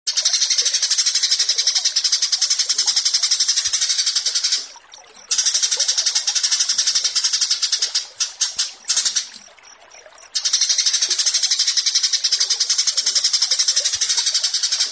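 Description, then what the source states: Horsfield's bush lark song: sustained rapid buzzy pulsing, interrupted twice by brief breaks with scattered scratchy notes. Song tutoring (masteran) recording for training kept birds.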